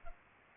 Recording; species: mosquito wingbeat signal from an infrared sensor; Culex pipiens